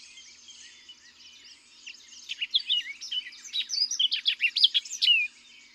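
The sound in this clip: Orchard oriole song: after a quiet start, a lively rush of clear whistles, down-slurred notes and chatter builds and ends abruptly.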